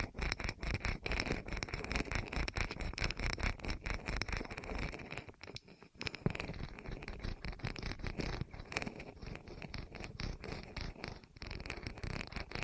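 ASMR rolling sounds: a dense, steady stream of rapid crackly scrapes and rustles, briefly thinning near six seconds before resuming at full density.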